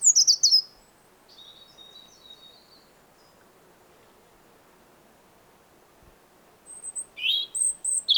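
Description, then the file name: European robin song: a bright high twittering phrase opens, faint thin notes follow, then a quiet gap before another rapid, varied burst of high warbled notes. "Erithacus rubecula"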